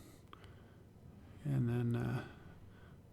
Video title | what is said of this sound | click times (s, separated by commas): Razer Wolverine V2 Chroma Full Tear Down | it just lines up just get into into position and it snaps right in | 0.3 s